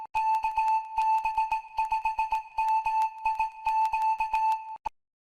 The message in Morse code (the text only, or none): KB5MIQ